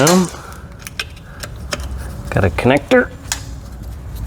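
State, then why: Seated. While a Tesla Model S large drive unit is reinstalled during a rotor coolant delete install, an electrical connector on the drive unit/subframe wiring of the EV is pushed home into its socket as someone talks. Several short metallic clicks and rattles come before a single sharp click at 3.3 s, when the connector seats in place.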